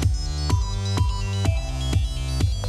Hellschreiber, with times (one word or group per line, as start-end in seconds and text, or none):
none